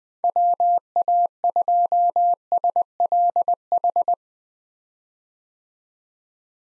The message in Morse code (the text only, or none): WA2SLH